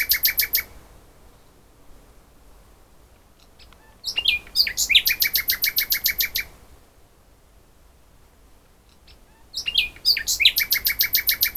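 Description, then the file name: Common nightingale song: three fast phrases of repeated sharp chirps separated by quiet gaps, the later two introduced by varied sliding notes. "Luscinia megarhynchos"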